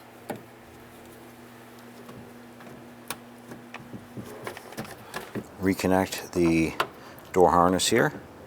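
On a 2006–2012 Honda Civic, during an exterior door handle replacement, the door wiring harness connector is handled by hand as it is reconnected to the door handle/lock harness. Faint handling ticks and taps are heard over a low hum, then someone talks. The clip ends before the connector goes home, and nothing has clicked or seated yet.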